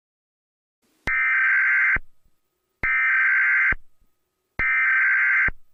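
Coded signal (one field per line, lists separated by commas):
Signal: Emergency Alert System (SAME) tones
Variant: header bursts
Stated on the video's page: Fictional EAS scenario about a radioactive outbreak; simulated alert, not a real broadcast.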